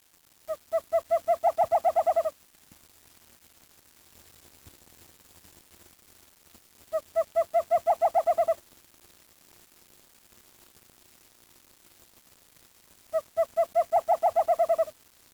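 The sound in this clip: Bird call in short bursts of about ten rapid, evenly pulsed notes, each burst lasting around two seconds and returning roughly every six seconds, with quiet background between.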